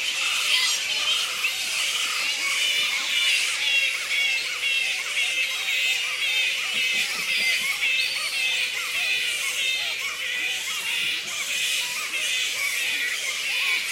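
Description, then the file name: Black flying fox colony noise: busy, overlapping squeals and rapid scratchy chatter, punctuated by repeated short bent cries in a lower register. A colony of black fruit bats giving squeaks. "black fruit bats -pteropus alecto colony squeaks"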